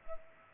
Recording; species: mosquito wingbeat signal from an infrared sensor; Culex pipiens